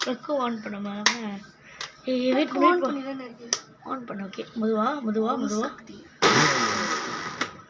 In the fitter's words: Lock ஆயிடுச்சு. Lock ஆயிடுச்சு.